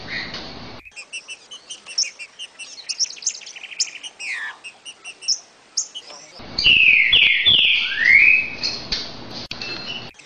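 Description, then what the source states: Green-winged saltator song: a busy backdrop of rapid high chirps, then a loud phrase of full whistles that drop and rise again. Part of a collection of Brazilian birds.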